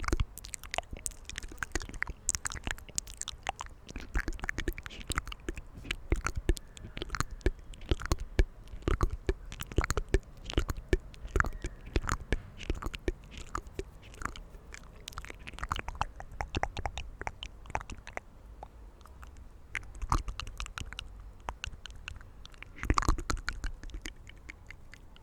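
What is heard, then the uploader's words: Dense clicks and soft wet mouth sounds with hand rustles tick irregularly throughout, over a quiet outdoor hush with a lighter stretch near fifteen seconds. ASMR Inaudible Mouth Sounds & Hand Sounds In Nature.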